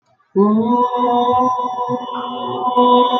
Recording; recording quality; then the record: sustained vowel as in boot; moderate, slight background noise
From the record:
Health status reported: healthy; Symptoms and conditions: none ticked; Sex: male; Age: 22 years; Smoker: not ticked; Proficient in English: yes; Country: India